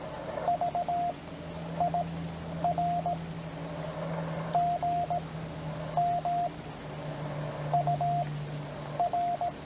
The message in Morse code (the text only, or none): VIR GM UR